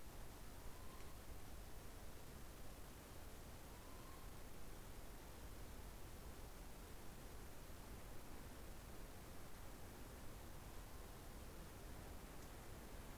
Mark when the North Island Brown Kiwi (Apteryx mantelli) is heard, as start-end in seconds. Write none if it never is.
none